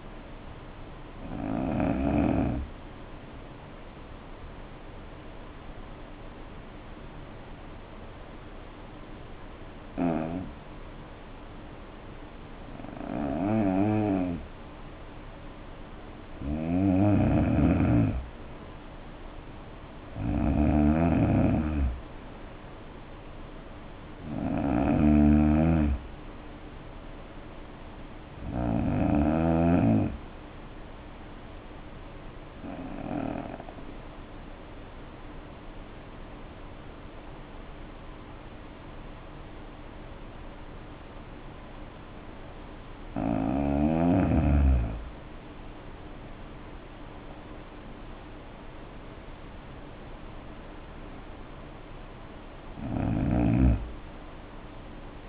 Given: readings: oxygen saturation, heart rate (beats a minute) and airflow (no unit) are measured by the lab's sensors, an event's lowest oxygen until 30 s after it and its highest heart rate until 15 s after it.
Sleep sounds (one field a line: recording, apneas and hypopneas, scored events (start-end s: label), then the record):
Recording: breathing in sleep by a voice recorder at the bedside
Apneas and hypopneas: 2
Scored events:
4.00-19.80 s: hypopnea (N2, oxygen 93% highest, then 86% lowest, heart rate 62 at the start, 72 highest)
36.00-46.20 s: obstructive apnea (N2, oxygen 92% highest, then 85% lowest, heart rate 57 at the start, 71 highest)
From the record:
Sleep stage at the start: N2 (light sleep)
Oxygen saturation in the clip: 85 to 93%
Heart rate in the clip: 57 to 72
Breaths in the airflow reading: 10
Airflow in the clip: -7.3 to 5.0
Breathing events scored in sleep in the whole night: 520 in 7.2 hours asleep